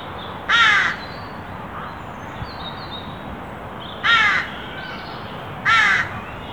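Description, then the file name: Carrion crow giving three loud rasping caws, the last two close together, with faint thin calls between. "Corvus corone"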